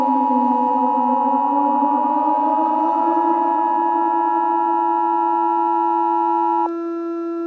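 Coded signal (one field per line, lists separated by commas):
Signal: Emergency Alert System (SAME) tones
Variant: 853 and 960 Hz attention tone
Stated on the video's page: Fictional EAS scenario; voice made with text-to-speech software (Balabolka, SAPI5 Tom).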